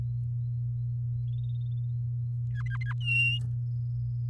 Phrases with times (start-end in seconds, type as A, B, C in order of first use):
2.54-2.93 A, 3.00-3.39 B